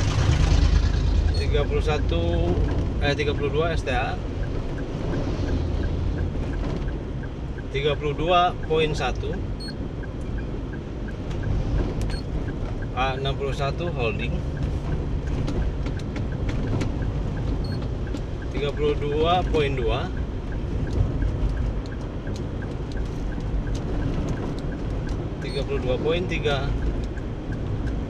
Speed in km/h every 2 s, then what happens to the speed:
48, 48, 47, 46, 45, 43, 42, 39, 38, 38, 39, 39, 41, 42.
0-15 slows to 38. 15-28 steady at about 39.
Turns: none.